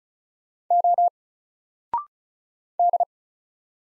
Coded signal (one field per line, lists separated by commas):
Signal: Morse code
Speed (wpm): 36 wpm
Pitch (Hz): 700 Hz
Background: none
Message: O D